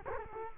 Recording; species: mosquito wingbeat signal from an infrared sensor; Culex quinquefasciatus